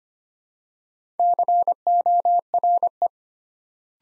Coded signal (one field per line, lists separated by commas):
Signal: Morse code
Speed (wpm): 25 wpm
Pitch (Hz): 700 Hz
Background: none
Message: CORE